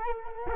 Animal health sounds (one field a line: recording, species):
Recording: mosquito wingbeat signal from an infrared sensor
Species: Culex quinquefasciatus